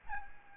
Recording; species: mosquito wingbeat signal from an infrared sensor; Aedes albopictus